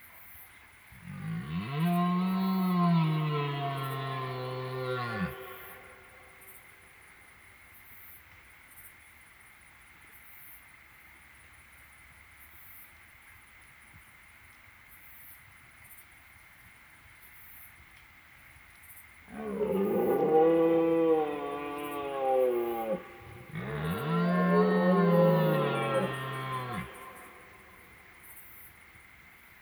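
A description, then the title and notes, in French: A red deer stag bellows in the rut, one long roar early, then two more back to back after a pause, over a steady insect whine. Premier brame 2019. En Drôme - 22h10 - binaural - mkh8020 - mixpr3. Première soirée au brame en bord de Drôme. Cet enregistrement a été réalisé en binaural pour restituer au mieux la merveilleuse réverbération de la vallée.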